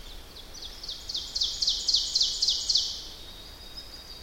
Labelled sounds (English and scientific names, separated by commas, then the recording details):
Ovenbird (Seiurus aurocapilla) song
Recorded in boreal forest in Alberta, Canada, on 10 June 2016 at 08:56
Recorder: SongMeter 3, array SBT-3-39
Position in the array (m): 212 m, 176 m
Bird 17